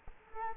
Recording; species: mosquito wingbeat signal from an infrared sensor; Culex quinquefasciatus